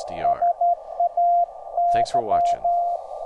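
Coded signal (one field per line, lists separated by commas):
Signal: Morse code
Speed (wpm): 13 wpm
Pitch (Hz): 700 Hz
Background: speech, radio noise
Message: SAY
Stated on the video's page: Morse heard through an online WebSDR receiver, with the audio filtered by free VST plugins to remove harmonic distortion and noise.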